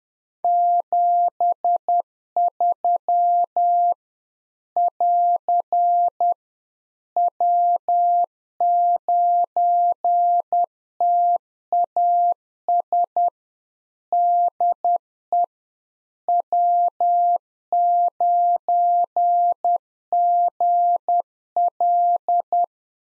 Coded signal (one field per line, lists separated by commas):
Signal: Morse code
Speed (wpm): 10 wpm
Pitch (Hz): 700 Hz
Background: none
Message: 73 <AR> W9TAS DE W9GL